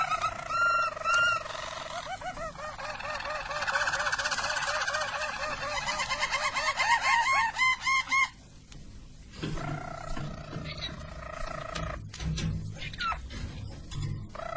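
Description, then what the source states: Harz Roller canary song of varied tours: repeated whistles, dense rolling trills and arched note series, pausing briefly before resuming with steady rolls. Belgian Harz Roller canary song.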